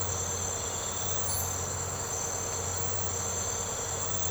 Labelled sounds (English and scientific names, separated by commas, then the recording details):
none
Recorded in secondary vegetation near Puerto Asís, Putumayo, Colombia, on 21 March 2025 at 05:00
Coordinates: 0.468, -76.324
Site G059